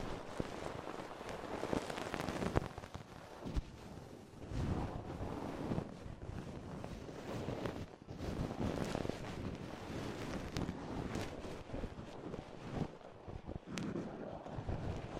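Ear exploration sounds: a dense, continuous rustle and rumble, like fingers or objects rubbing right against a microphone, with muffled low thumps throughout. Sharper crackly taps break through every second or so, especially around the 2, 8 and 14 second marks.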